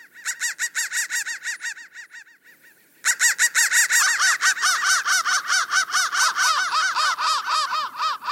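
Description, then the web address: Crows giving rapid harsh caws in quick series, a brief quieter pause, then a louder burst of many overlapping caws. "soundfactory crow"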